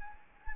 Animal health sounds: mosquito wingbeat signal from an infrared sensor; Anopheles gambiae

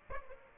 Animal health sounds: mosquito wingbeat signal from an infrared sensor; Aedes aegypti

